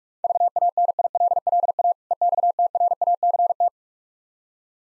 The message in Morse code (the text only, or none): VANILLA EXTRACT